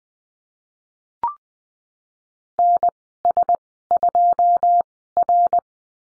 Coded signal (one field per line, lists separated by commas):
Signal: Morse code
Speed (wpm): 20 wpm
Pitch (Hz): 700 Hz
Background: none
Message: NS2R